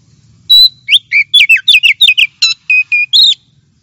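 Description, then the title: Oriental magpie-robin song, a quick run of loud sweet whistles and slurred notes, ending with a few steady repeated whistles and a final note. Champion singing bird, chirping song. "Kicau Burung Kacer Juara"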